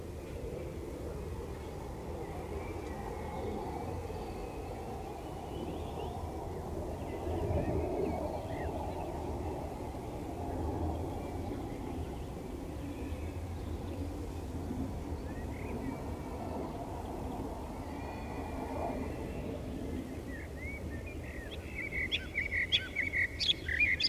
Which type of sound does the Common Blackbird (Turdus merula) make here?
song